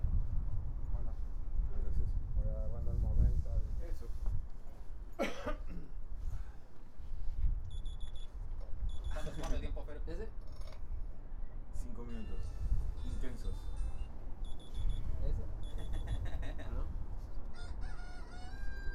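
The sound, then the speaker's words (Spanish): A phone alarm goes off, playing a rooster crowing ringtone in repeated high-pitched bursts, with muffled voices and rustling underneath. “¿Colocar una alarma lo... a un celular? ¿Una alarma? Sí. Yo tengo celular.”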